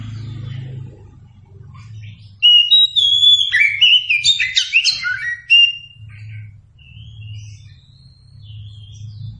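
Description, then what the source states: Oriental magpie-robin song: a dense, varied burst of sweet whistles and sharp chirps lasting about three seconds, over a steady low hum. Masteran (training song recording) meant for teaching captive Kacer birds to sing.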